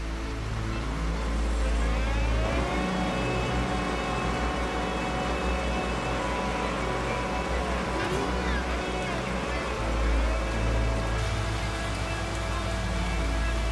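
A car engine hums in a steady, low drone while rain patters constantly over it, with faint tonal whines rising and falling in the engine noise as the vehicle keeps moving.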